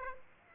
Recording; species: mosquito wingbeat signal from an infrared sensor; Aedes aegypti